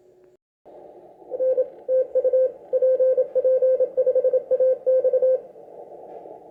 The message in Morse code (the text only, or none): N TU PP5AX